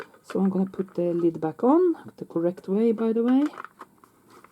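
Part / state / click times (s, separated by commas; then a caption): plastic back lid onto a portable transistor radio case / not seated / none. Someone talks while the plastic back lid of a portable transistor radio is being put back onto the case after a look at the battery compartment. A few faint, short handling ticks follow near the end at about 3.8, 4.0 and 4.5 seconds. Nothing has seated or clicked yet.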